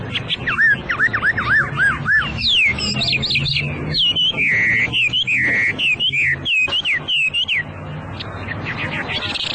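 Hwamei song: loud looping whistled notes repeated in quick series, then rapid varied phrases and slurred whistles.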